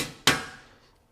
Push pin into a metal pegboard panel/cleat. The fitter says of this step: Hammer that in once it seats now that's locked into place now